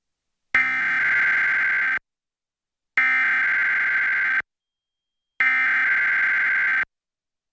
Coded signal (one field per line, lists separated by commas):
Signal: Emergency Alert System (SAME) tones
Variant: header bursts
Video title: Monthly Emergency Alert System (EAS) Tests - Seattle/Tacoma - March 2022